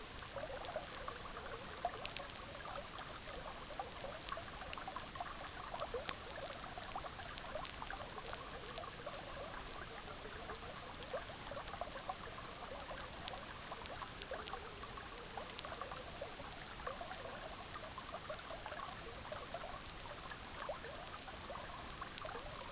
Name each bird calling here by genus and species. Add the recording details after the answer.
none. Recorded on Arctic tundra, site EABA-MC, on 18 June 2019. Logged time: 06:00